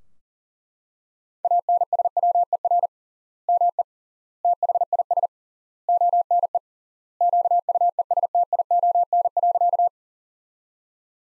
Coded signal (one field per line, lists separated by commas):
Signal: Morse code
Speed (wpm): 38 wpm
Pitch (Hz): 700 Hz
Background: none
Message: ANSWER ME THIS ONE QUESTION.